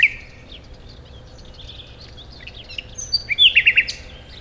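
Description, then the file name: Common nightingale song: soft scattered notes, then a loud run of several quick repeated whistled notes near the end, over a low rumbling background. "Luscinia megarhynchos"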